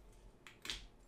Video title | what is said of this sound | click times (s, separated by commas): Παραγγείλαμε Arduino starter kit από το TEMU!! και το ανοίγουμε παρέα. | πολύ ωραία να το κούμπωσε και αυτό | 0.7 s